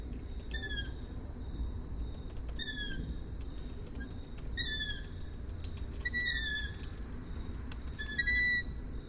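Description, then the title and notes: Owl calls: short, high whistled notes, some slightly falling, given irregularly about every two seconds over steady low background noise. Recorded at Židlochovice. "Sovy v Židlochovicích, nahrál Tomáš Šenkyřík"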